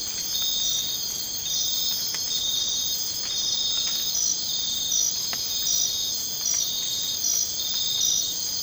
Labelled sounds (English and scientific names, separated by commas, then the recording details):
none
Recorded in dense forest near Puerto Asís, Putumayo, Colombia, on 24 March 2025 at 01:00
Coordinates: 0.500, -76.322
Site GP06